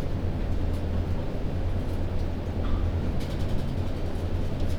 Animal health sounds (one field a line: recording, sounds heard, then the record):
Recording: poultry house recording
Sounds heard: sick chickens (respiratory disease)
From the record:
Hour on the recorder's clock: 22